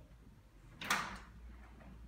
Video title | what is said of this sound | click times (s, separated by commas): Pokaz VELUX ZSTKolbuszowa | Słyszeliście takie kliknięcie? | 0.8 s, 0.9 s